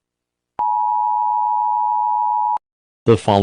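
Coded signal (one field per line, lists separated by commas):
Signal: Emergency Alert System (SAME) tones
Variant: 853 and 960 Hz attention tone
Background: speech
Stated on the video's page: Simulated fictional EAS scenario.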